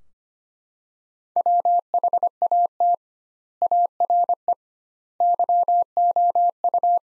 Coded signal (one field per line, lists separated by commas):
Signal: Morse code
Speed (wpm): 25 wpm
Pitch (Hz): 700 Hz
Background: none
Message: WHAT ARE YOU